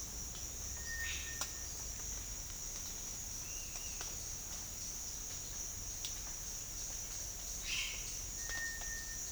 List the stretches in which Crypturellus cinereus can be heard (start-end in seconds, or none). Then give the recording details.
0.76-1.72, 8.48-9.31. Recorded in dense forest near Puerto Asís, Putumayo, Colombia, on 8 March 2025 at 09:30. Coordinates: 0.484, -76.325. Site G045